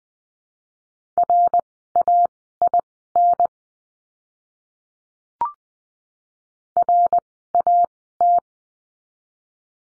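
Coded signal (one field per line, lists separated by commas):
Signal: Morse code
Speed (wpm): 20 wpm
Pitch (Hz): 700 Hz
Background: none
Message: RAIN RAT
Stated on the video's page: Morse lesson drill of words with letter R, Farnsworth timing 20/10 wpm.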